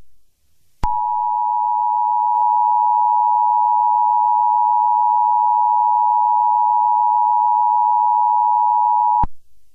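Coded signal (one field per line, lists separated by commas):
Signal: Emergency Alert System (SAME) tones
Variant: 853 and 960 Hz attention tone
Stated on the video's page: Fictional EAS scenario about World War 3, not a real alert.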